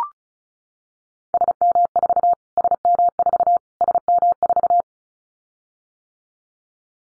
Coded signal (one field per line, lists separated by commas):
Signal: Morse code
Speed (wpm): 34 wpm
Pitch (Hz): 700 Hz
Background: none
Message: SM4 SM4 SM4